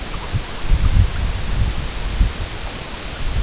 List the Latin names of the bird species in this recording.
none